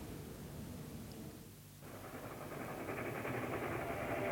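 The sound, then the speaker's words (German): A continuous, heavy rumble of a train rolling along the tracks, briefly dipping before swelling louder with a rhythmic rattling texture. No voices are heard. “Ich schicke die Züge, die sie fortbringen, bald nach rechts, bald nach links.”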